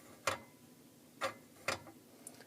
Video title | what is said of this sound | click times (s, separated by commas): Flodstrom Lab Triple beam balance | as you slide them along you'll hear them click into place | 0.3 s, 1.7 s